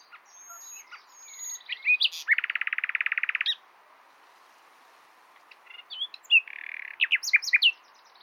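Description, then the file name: Common nightingale song: varied whistles and clicks, then a loud rapid rattling trill for over a second, a pause, and another burst of sharp notes and buzzy phrases. "Luscinia megarhynchos"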